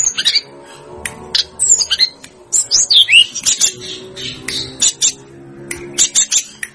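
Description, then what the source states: Snowy-browed flycatcher singing rapid high twittering phrases with quick up-and-down whistles, brief pauses between bursts, and a faint low hum beneath. Masteran song for training cage birds.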